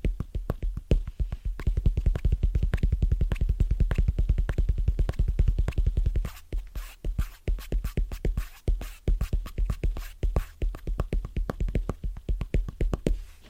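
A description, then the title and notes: Fast, rhythmic tapping, very dense and even for the first six seconds, with strong low thumps under each tap. Around six seconds the surface changes: the taps turn lighter and brighter, arriving in quick bursts with short pauses between them. ASMR Fast & Rhythmic Tapping On Different Surfaces (No Talking).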